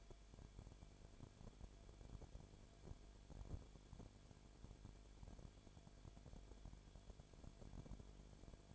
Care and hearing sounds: daily activity, microphone in the room; no activity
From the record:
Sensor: 5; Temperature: 19.8 degrees Celsius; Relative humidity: 33.3%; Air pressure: 1001.4 hPa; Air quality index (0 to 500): 32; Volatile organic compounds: 1 ppm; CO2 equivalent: 525 ppm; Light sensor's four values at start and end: 2/3/1/1 and 2/3/1/1

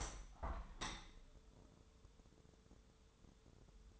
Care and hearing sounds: daily activity, microphone in the room; open window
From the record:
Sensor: 3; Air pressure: 1015.0 hPa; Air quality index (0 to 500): 26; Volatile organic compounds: 1 ppm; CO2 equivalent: 510 ppm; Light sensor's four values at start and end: 10/22/9/9 and 10/23/10/9

